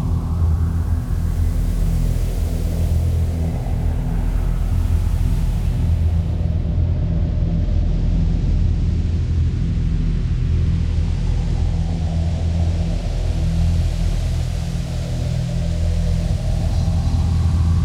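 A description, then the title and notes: A sandstorm roars in a dense, unbroken rush, with heavy low buffeting that thuds and rumbles against the microphone throughout. A hissing layer of blown grit rides on top, losing some of its brightest edge after about six seconds, while overall loudness stays constant. Solemn Sand Storm.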